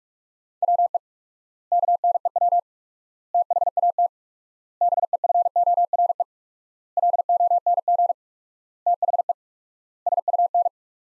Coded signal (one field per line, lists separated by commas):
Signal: Morse code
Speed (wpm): 47 wpm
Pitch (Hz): 700 Hz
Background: none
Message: WE KNEW THAT BEFORE LONG THE SUN